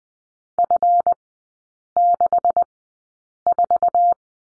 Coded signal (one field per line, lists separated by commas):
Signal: Morse code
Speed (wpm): 20 wpm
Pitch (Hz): 700 Hz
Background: none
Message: F64